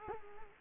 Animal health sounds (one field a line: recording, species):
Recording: mosquito wingbeat signal from an infrared sensor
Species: Culex quinquefasciatus